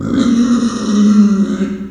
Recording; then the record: squeal of a Yucatan mini pig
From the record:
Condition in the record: after surgery on the right vocal fold (resection and tissue-engineered implant); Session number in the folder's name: 9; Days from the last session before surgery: 65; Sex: female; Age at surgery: 19 weeks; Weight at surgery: 25 kg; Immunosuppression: prednisolone